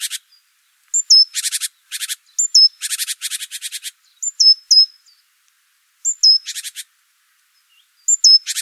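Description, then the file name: Great tit giving harsh, buzzy churring chatters, each burst introduced by a thin bent whistle note, bursts coming about every second with short silent gaps. "Parus major"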